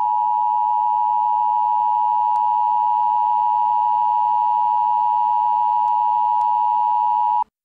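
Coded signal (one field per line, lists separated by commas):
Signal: Emergency Alert System (SAME) tones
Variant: 853 and 960 Hz attention tone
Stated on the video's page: Simulated EAS scenario, fictional.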